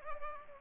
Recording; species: mosquito wingbeat signal from an infrared sensor; Anopheles arabiensis